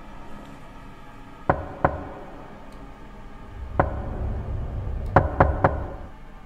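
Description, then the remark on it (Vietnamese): Sharp, hollow knocks on the door of a village communal hall arrive in spaced groups: a quick pair, a lone knock, then a tight run of three, over a faint low rumble with no voices. “Rồi đột nhiên tiếng gõ cửa từ nãy đến giờ im phăng phắc lại vang lên, y như lúc nãy, tiếng gõ cửa 3 nhịp 1 đều đặn.”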